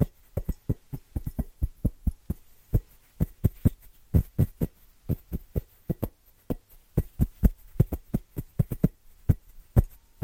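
Fast, rhythmic tapping in quick dull knocks, often in pairs or short runs, packed densely across the whole stretch with a faint low hum beneath.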